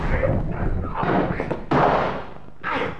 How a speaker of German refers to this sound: Der Schuss verbrannte mir das Ohr.